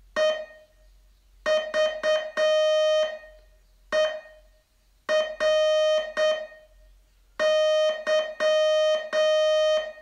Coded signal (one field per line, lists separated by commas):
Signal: Morse code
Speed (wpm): 7 wpm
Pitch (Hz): 620 Hz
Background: music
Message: EVERY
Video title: Learn Morse in 42 Days from VU2LAU - day 34 test